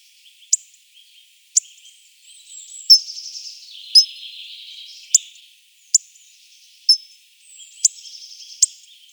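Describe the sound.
Hawfinch uttering repeated sharp, metallic 'tzik' clicks at irregular intervals, roughly one a second, mixed with softer high twittering notes.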